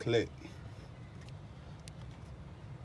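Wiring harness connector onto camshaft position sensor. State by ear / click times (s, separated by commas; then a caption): not seated / none. Someone talks briefly while the wiring harness connector is slid back onto the camshaft position sensor of a 2005 Toyota Camry, followed by a low steady rumble with a couple of faint ticks. The plug is in place but has not clicked.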